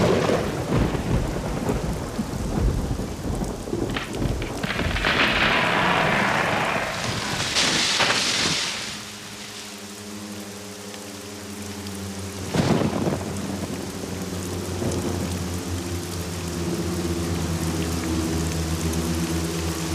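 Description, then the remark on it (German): Steady rain hisses throughout a thunderstorm as loud rumbling thunder swells in the first half, with a sharp crack midway; a low, steady droning tone lingers beneath the downpour afterward. “Einfach so aus heiterem Gewitterhimmel kracht irgend so ein Kastanienast runter”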